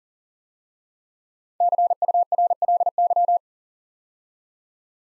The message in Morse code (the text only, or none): CURLY